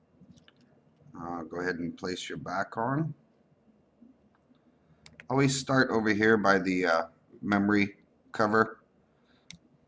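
Someone talks while pressing the plastic back cover onto a Motorola X881 phone body during a screen repair, starting at the memory card cover. A sharp click at 9.5 s is the cover clip snapping shut and seating.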